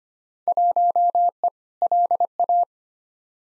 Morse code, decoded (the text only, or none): 1E LA